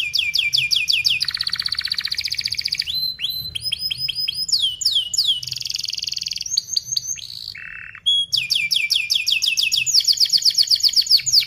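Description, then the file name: Canary song with fast chirping sweeps, rolling trills and sharp rising-falling notes, a brief low buzz, then a dense run of rapid repeated chirps. Canary in full, vigorous song with fast, tightly spaced 'cuit-cuit' chirps and sharp rolling phrases. "Suara Kenari Gacor Speed Rapat Cuit Cuit Ngerol Tajam"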